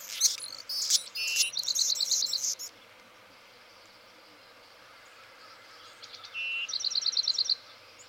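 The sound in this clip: Anna's hummingbird song: two bouts of scratchy, buzzy high notes, each with a short steady tone and a quick run of repeated ticking notes, separated by a few seconds of quiet.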